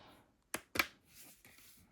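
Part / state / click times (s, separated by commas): plastic snap-on shell case onto laptop lid / seated / 0.5 s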